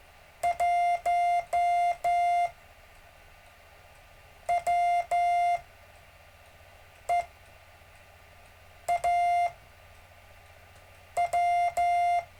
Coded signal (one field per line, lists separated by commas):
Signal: Morse code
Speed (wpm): 13 wpm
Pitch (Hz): 700 Hz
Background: none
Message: 1 W E A W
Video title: David Casler Live Stream Morse Code 1 17 Feb 2018